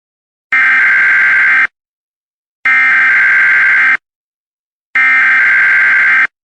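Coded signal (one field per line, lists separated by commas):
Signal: Emergency Alert System (SAME) tones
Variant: header bursts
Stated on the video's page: Fictional EAS scenario.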